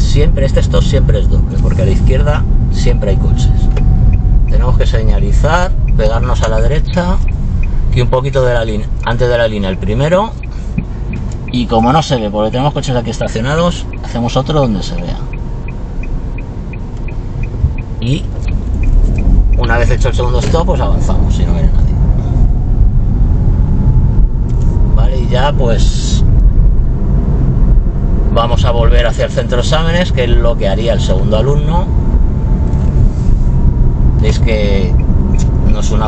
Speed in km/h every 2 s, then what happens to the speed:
28, 26, 24, 17, 9, 4, 0, 1, 1, 2, 11, 16, 30, 34, 34, 33, 32, 32.
0-11 slows to 0. 11-18 standing. 18-25 pulls away to 34. 25-36 steady at about 33.